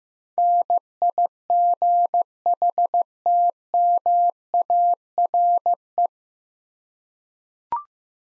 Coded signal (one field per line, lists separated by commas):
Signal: Morse code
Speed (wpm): 15 wpm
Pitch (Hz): 700 Hz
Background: none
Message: NIGHTMARE